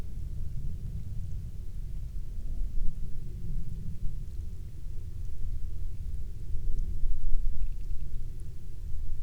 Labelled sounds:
near silence

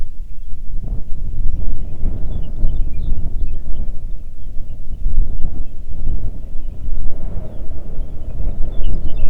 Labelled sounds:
songbird
wind

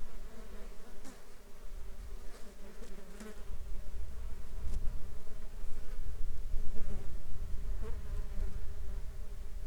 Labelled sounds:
insects

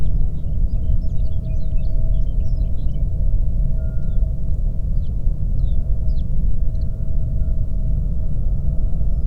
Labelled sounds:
songbird
flare stack

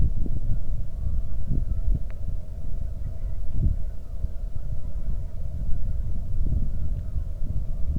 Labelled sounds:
waterfowl
wind

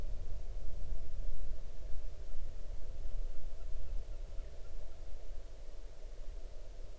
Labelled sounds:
waterfowl
wind

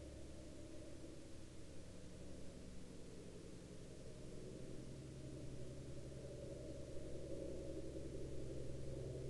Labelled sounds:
man-made sound

